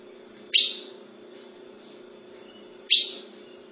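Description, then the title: Ultramarine grosbeak giving two sharp, bright call notes roughly two seconds apart, each falling in pitch, with a low hum behind. "Azulao"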